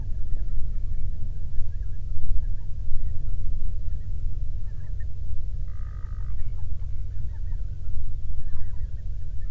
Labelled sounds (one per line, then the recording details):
waterfowl
grouse or ptarmigan
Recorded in the Prudhoe Bay oil fields, Alaska, on 13 June 2019 at 00:04
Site 24